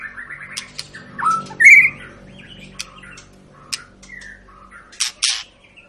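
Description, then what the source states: White-rumped shama singing short chattering phrases and a loud rich whistled burst, then scattered sharp clicks, over a faint low hum. Long lure recording of an actively singing (gacor) White-rumped shama, used to prompt birds to sing.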